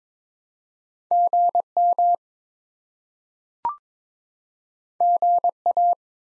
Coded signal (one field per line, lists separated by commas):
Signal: Morse code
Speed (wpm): 21 wpm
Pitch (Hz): 700 Hz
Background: none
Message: GM GA